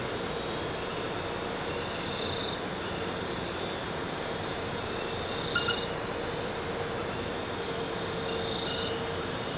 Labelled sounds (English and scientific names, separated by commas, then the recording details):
none
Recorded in pastures near Puerto Asís, Putumayo, Colombia, on 4 March 2025 at 00:30
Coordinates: 0.466, -76.322
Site CSA-02